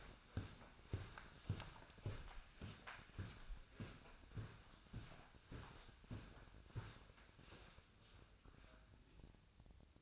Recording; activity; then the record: daily activity, microphone in the room; walk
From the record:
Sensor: 2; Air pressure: 1009.2 hPa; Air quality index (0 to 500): 179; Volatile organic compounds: 2 ppm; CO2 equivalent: 1310 ppm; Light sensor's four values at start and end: 48/126/54/60 and 48/125/54/60